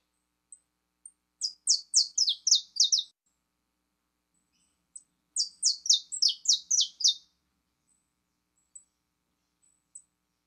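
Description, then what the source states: Belgian canary song in two bursts, each a rapid series of eight or so high descending chirps, with faint single ticks before, between and after them. Song of a pure Belgian canary.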